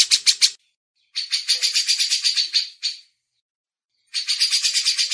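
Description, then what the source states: Grey-cheeked Bulbul chattering in quick runs of rasping, buzzy notes, three bursts broken by brief pauses. Cucak jenggot song used for masteran training.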